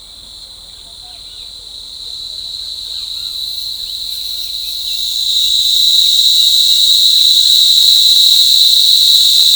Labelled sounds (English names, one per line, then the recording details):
none
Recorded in forest near Pivijay, Magdalena, Colombia, on 17 April 2023 at 10:30
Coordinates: 10.467, -74.380
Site Z5-G034